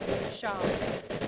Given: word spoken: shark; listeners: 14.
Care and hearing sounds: one English word in noise, from a listening test; noise modulated by three-talker babble; -6.3 dB; 4 of 14; 10 of 14; 0.88 s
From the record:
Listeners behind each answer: 10, 4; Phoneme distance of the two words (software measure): 10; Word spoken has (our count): 1 syllable, 3 phonemes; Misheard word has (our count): 1 syllable, 3 phonemes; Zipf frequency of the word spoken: 4.17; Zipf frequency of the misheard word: 4.55

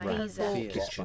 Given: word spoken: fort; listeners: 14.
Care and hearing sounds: one English word in noise, from a listening test; four-talker babble; -1.9 dB; 0 of 14; 6 of 14; 0.65 s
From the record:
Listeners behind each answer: 6, 1, 1, 1, 1, 1, 1, 1, 1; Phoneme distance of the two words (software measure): 37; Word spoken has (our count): 1 syllable, 3 phonemes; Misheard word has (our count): 2 syllables, 4 phonemes, stress on syllable 1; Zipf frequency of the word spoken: 3.94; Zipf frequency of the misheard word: 3.65

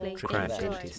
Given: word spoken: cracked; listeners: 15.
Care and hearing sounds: one English word in noise, from a listening test; four-talker babble; -0.4 dB; 2 of 15; 10 of 15; 0.59 s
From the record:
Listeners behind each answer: 10, 2, 1, 1, 1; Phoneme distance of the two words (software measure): 7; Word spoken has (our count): 1 syllable, 5 phonemes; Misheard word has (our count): 1 syllable, 4 phonemes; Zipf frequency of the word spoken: 4.00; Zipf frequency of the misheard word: 4.53

